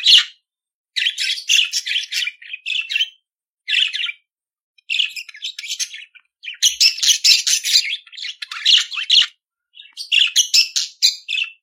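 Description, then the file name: Budgerigar song, a long run of busy chattering chirps, clicks and squeaky notes delivered in bursts of a second or two with brief gaps. "Canto do periquito australiano"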